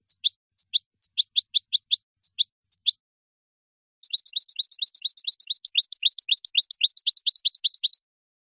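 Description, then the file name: European goldfinch song: spaced high tinkling notes, then a long rapid run of liquid twitters and trills. "audio burung goldfinch"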